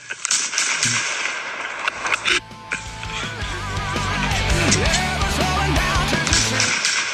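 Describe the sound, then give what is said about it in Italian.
Sharp, cracking pistol shots go off in quick bursts over a noisy, crowded backdrop of cheering and sustained tones, the reports irregular and loud, fired in celebration of a Coppa Italia win. “Non so se la pistola è vera, però, senti.”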